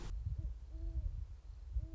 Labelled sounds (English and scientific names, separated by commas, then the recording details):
Great Horned Owl (Bubo virginianus)
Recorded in Sonoma County, California